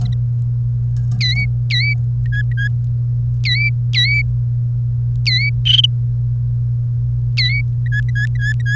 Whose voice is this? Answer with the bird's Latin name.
Serinus canaria